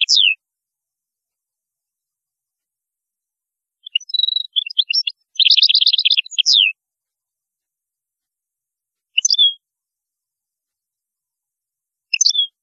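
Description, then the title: European goldfinch song, sparse downslurred call notes and one short phrase of rapid buzzy trilled chirps, with long quiet gaps between. "Chant Chardonneret"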